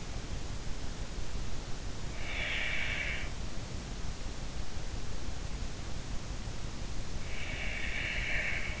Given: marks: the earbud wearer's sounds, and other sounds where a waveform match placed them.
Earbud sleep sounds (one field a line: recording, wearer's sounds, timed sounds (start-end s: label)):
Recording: sounds in sleep by an in-ear microphone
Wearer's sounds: snoring breath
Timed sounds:
2.31-3.28 s: snoring breath
7.21-8.80 s: snoring breath